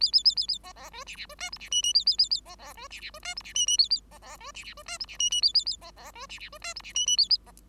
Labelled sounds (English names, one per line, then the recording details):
Bengalese Finch song
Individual Bird5